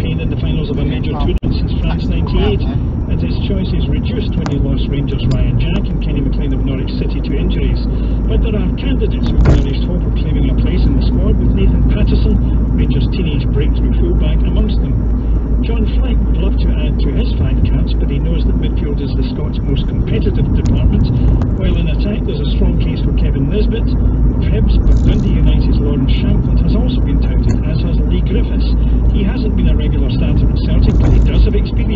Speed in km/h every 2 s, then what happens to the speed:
35, 34, 37, 39, 39, 40, 39, 39, 39, 37, 39, 39, 39, 39, 40, 40.
0-32 steady at about 39.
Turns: none.